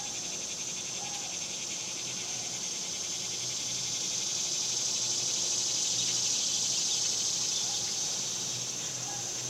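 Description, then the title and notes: Cicadas in a dense, high, shimmering chorus, a continuous pulsing buzz that swells louder around the middle, with a few faint short chirps and a low hum beneath. Summer; suburbs; outdoor recording of several cicadas. "Ext Summer Cicadas, Suburbs by Bandeto"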